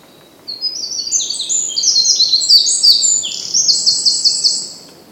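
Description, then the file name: Eurasian wren singing a rapid outpouring of shrill, high trills and chattering phrases lasting about four seconds, ending in a quick rattle, with faint steady background noise. "Troglodytes troglodytes"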